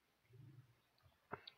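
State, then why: Seated. The cap of a metal-bodied fountain pen is pushed back onto the pen body. After some soft low handling noise, two short sharp clicks are heard at 1.3 s and 1.5 s. The cap seats on the pen.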